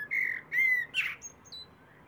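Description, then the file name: Common blackbird song: a few mellow fluted notes, then a brief high squeaky flourish fading out. "Turdus merula"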